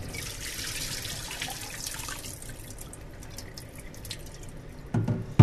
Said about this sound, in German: Gerade nimmt Barbara Niehoff ein wassertriefendes Netz entgegen.